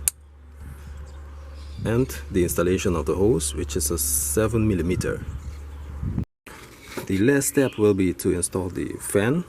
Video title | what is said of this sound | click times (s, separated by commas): Range Rover Sport L320 Part 2 | Make sure again to hear the clicking sound. | 0.1 s